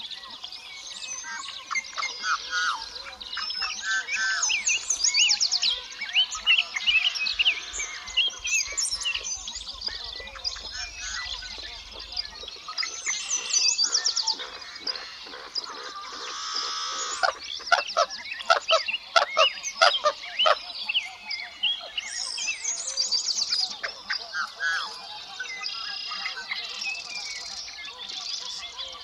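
Dense, busy chorus of bird calls and chirps at a spring mountain lake, bright and layered, with a low pulsing hum fading after twelve seconds.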